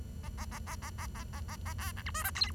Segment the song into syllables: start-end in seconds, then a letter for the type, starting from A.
0.23-0.29 A, 0.38-0.45 A, 0.51-0.59 A, 0.67-0.75 A, 0.82-0.90 A, 0.98-1.06 A, 1.15-1.24 A, 1.33-1.40 A, 1.48-1.56 A, 1.65-1.73 A, 1.78-1.92 B, 1.96-2.02 C, 2.06-2.11 D, 2.14-2.23 E, 2.24-2.30 F, 2.35-2.51 G